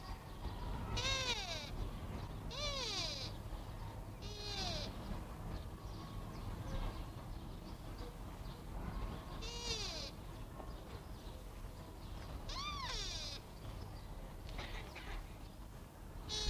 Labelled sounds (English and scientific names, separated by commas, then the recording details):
Sika Deer (Cervus nippon) call
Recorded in captivity
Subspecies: pseudaxis
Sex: male
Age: adult
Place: Tierpark Berlin, Berlin, DE
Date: 1960-02-20 12:30
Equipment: Reporter, Vollspur
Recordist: Tembrock, Günter
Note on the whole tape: Hirsch läuft umher, dabei Einzellaute in verschiedener Intensität. Beim hellen Laut bleibt das Maul fast geschlossen, doch werden die Lippenwinkel zurückgezogen; beim dunkleren Laut leichtes Maulöffnen. Abstand: 5-8 m